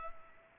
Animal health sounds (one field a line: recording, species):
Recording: mosquito wingbeat signal from an infrared sensor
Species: Culex pipiens